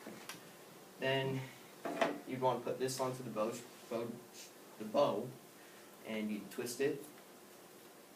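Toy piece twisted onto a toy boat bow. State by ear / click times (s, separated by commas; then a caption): not seated / none. A plastic toy piece is being put onto the bow of a toy boat and twisted to lock it on, while someone talks throughout. Faint handling sounds are heard, but the clip ends before the piece goes home, so nothing has seated or clicked yet.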